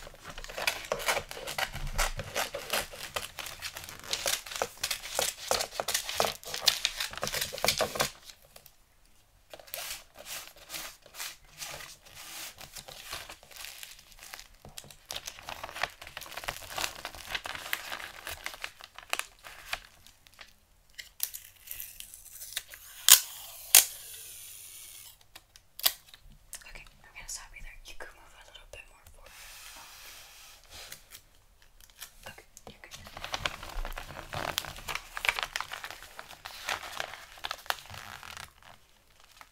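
Christmas gift wrapping: dense, crackling paper crinkles come in loud bursts, strongest in the first eight seconds and again near the end. Quieter rustling fills the middle, with a few sharp snips around 23 seconds and brief silent pauses between handlings.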